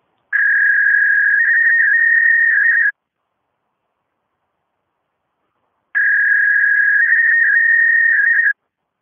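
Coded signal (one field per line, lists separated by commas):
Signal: fax machine handshake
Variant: Belgafax service dial tone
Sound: two long, slightly wavering high tones, each about 2.5 seconds, with a 3-second gap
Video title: Belgian Fax Dial Tone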